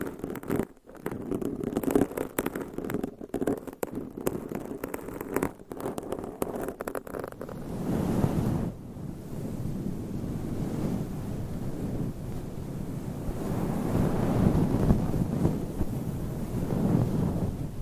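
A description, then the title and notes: Scratching and rubbing right against a microphone, low-pitched. The first eight seconds are choppy, with sharp crackles and brief dropouts; afterward the scraping turns steadier and denser, a continuous muffled rustle that swells again near fourteen seconds. ASMR Mic Scratching Battle with 100 Different MICS ! Bare VS Foam VS Fluffy Covers No Talking. Mic Scratching Battle with 100 Different MICS ! Bare VS Foam VS Fluffy Covers.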